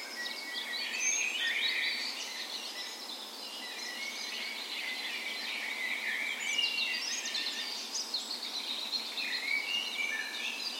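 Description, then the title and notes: Birds (dawn chorus): numerous birds singing together at dawn, a steady wash of chirps, warbles and whistles, fairly even in loudness throughout. Dawn chorus in a park west in Bergen, Norway, on the morning of 17 May, Norway's National Day, in full spring; Sony PCM A10 recorder with LOM Usi microphones mounted as tree ears. "17th Of May Dawn Chorus. Recorded on the morning of Norways National Day the 17th of May in a park west in Bergen. Spring is in full effect, and the dawn chorus sounds wonderful!"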